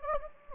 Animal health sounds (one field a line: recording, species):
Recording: mosquito wingbeat signal from an infrared sensor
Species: Anopheles gambiae